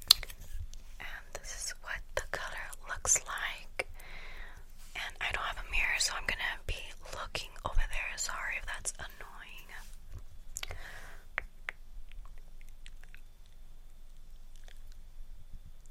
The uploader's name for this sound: Lipstick Application